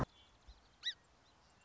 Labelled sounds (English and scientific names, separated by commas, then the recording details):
Song Sparrow (Melospiza melodia)
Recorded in Sonoma County, California